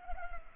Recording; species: mosquito wingbeat signal from an infrared sensor; Culex pipiens